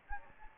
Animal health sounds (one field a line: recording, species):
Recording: mosquito wingbeat signal from an infrared sensor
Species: Anopheles gambiae